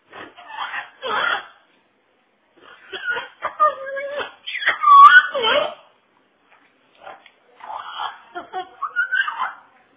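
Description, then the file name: Parrot talking, speech-like phrases in short bursts separated by pauses. "parrot talking"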